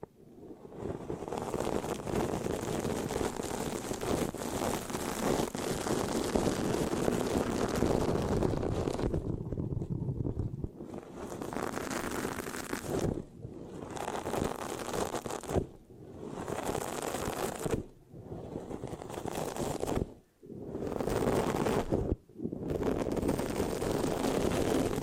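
Scratching on a microphone makes a dense, rough, rumbling rasp that runs steadily through the first nine seconds. After that it breaks into separate bursts, cut by brief silences about every two to three seconds, each burst starting abruptly and scraping on.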